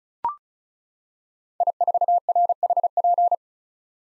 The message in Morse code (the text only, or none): I4RHP